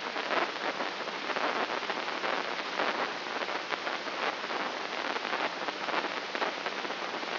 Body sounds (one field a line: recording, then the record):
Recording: brain microelectrode recording played as sound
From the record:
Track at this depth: inside the subthalamic nucleus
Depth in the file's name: 5.829 mm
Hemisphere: left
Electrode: 3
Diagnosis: Parkinson's disease